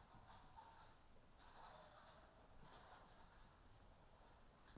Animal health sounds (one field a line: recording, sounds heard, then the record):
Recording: poultry house recording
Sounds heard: healthy chickens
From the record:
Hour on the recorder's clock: 14